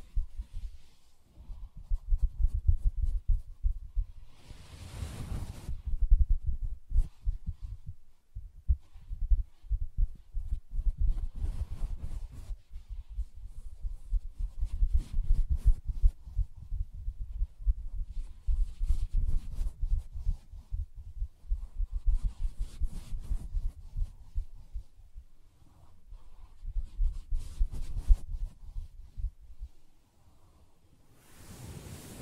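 Soft tapping and scratching on a fabric surface, a dense run of muffled, low thuds and rubbing that carries on for the whole half minute. Brighter scratchy bursts stand out around 5, 12, 15, 23 and 32 seconds, with brief near-quiet dips between.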